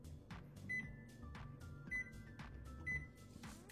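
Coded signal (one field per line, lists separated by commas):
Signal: none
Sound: rice cooker's beeps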